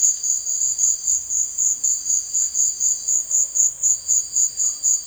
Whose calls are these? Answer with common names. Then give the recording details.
Russet-backed Oropendola. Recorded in secondary vegetation near Puerto Asís, Putumayo, Colombia, on 23 June 2025 at 15:30. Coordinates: 0.499, -76.323. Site G077